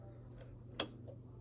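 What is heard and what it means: A threading lever or cover on a Brother 1034D serger is pushed back into the serger body after the thread has been placed behind the guide, resting against it rather than pulled tight. Over a steady low hum, a single sharp click at 0.8 s marks the part seating back in place.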